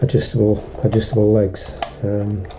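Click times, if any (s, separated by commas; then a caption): none. Someone talks while handling the folding plastic landing legs of a Xiaomi Mi Drone, which are flicked down into the hinge on the drone body until they lock. The leg has not seated or clicked into place yet.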